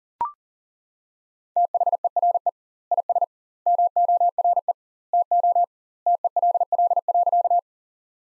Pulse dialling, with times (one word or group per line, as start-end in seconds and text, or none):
none